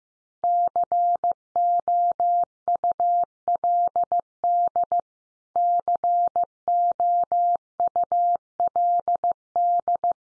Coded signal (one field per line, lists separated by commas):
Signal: Morse code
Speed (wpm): 15 wpm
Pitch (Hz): 700 Hz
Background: none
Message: COULD COULD